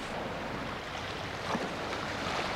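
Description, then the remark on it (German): Waves slap and wash against rocky cliffs in a steady, hissing roar of surf, with a brief swell of louder splashing midway through and no voices. “Nur die Wellen, die an die Klippen klatschen.”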